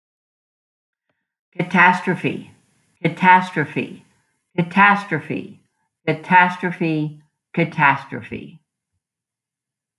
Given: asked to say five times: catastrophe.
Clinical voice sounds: repeated word; female; 70 to 79 years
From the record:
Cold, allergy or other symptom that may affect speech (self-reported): no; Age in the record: 73 years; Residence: Texas, United States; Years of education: 20

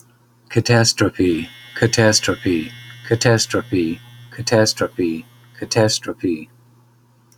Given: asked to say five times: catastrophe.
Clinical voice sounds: repeated word; male; 60 to 69 years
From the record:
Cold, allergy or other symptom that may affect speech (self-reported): no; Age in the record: 63 years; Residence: Iowa, United States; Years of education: 13

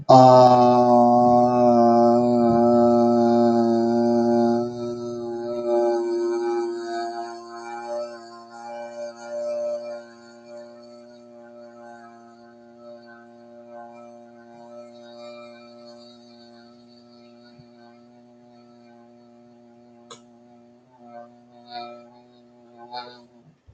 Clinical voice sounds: vowel held as long as possible; male; 40 to 49 years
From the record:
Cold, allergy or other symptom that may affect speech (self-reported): no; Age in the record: 45 years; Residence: New York, United States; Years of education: 16

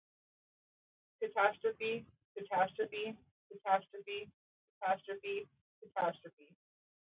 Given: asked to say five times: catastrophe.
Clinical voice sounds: repeated word; female; 20 to 29 years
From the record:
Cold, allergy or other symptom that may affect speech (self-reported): no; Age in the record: 24 years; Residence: Colorado, United States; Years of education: 13

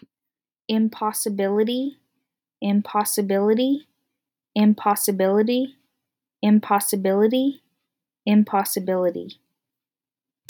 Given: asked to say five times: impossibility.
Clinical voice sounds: repeated word; female; 20 to 29 years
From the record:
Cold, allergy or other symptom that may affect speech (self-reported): no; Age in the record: 20 years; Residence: California, United States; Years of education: 14

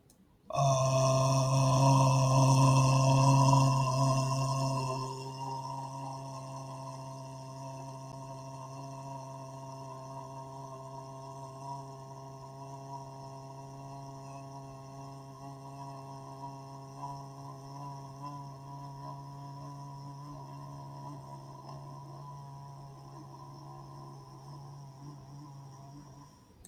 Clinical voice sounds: vowel held as long as possible; male; 40 to 49 years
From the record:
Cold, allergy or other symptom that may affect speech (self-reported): no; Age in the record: 45 years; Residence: United States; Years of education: 12

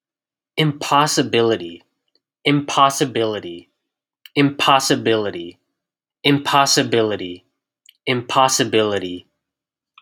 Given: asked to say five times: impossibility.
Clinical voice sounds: repeated word; male; 20 to 29 years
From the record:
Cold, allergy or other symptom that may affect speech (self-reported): no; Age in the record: 28 years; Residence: California, United States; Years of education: 16

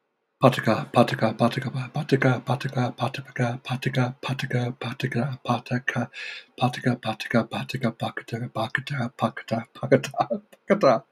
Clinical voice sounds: repeated syllables /pa ta ka/; male; 30 to 39 years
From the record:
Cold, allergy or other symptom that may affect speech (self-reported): no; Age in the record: 34 years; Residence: Utah, United States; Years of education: 12

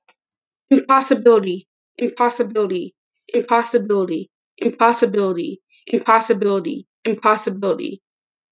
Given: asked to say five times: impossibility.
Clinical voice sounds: repeated word; female; 20 to 29 years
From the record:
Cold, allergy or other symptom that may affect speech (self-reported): no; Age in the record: 21 years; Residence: North Dakota, United States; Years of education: 12

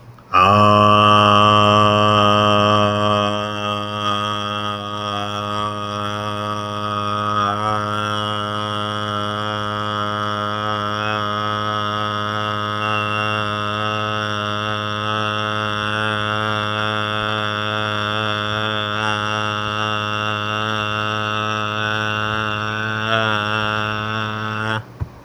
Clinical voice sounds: vowel held as long as possible; male; 20 to 29 years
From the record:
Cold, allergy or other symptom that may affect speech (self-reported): no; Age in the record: 21 years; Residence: Florida, United States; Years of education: 12

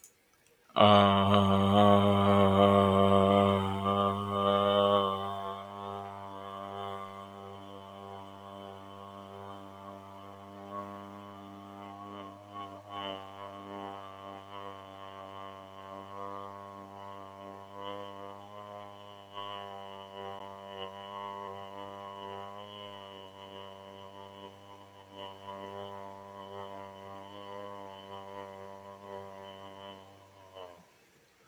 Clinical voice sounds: vowel held as long as possible; male; 30 to 39 years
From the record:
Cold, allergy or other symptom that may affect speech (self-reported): no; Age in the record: 34 years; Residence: Maryland, United States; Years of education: 16

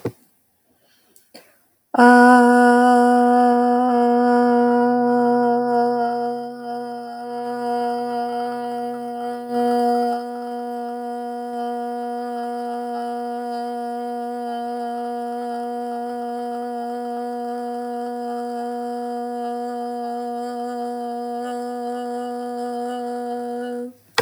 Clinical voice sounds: vowel held as long as possible; female; 30 to 39 years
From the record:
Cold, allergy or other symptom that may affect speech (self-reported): no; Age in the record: 37 years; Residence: Washington, United States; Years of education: 18

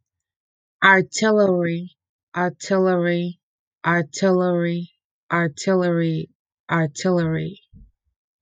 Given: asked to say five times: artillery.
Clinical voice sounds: repeated word; female; 30 to 39 years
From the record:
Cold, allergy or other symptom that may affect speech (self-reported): no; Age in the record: 39 years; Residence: Connecticut, United States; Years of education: 12

